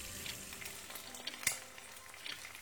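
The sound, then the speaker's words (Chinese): Breakfast frying in a pan in a kitchen, a steady crackling sizzle with scattered sharp pops and one louder clatter midway, with no one speaking. “他想多睡一会儿，却怎么都合不了眼，索性起床洗漱了一番，然后去厨房做早餐。”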